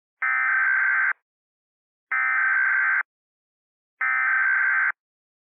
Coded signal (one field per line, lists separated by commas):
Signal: Emergency Alert System (SAME) tones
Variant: header bursts